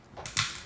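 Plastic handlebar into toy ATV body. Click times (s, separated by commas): 0.4 s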